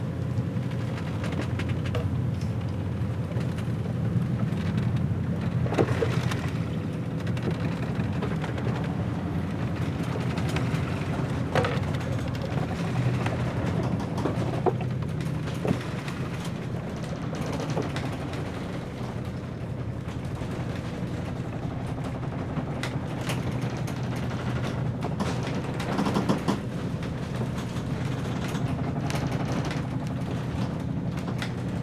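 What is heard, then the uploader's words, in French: Aboard a schooner, a steady dense low rumble of sea and wind fills the air, with occasional sharp creaks from the hull. Vers l'Islande à bord d'une goélette. Enregistrements : juillet 06. La mer, le vent, les voiles, la coque qui craque.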